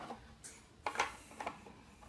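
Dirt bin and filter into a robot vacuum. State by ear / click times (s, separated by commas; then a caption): seated / 0.9 s. A plastic dirt bin with its filter is pushed back into a Neato Botvac robot vacuum body and clicks into place at 0.9 s. A sharp plastic click is followed right away by a short cluster of knocks near 1.0 s and two lighter taps around 1.4–1.5 s. The bin and filter are seated.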